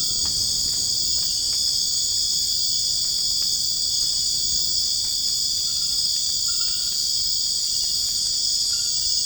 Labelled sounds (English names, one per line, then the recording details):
none
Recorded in dense forest near Puerto Asís, Putumayo, Colombia, on 27 June 2025 at 23:30
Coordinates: 0.481, -76.323
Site G072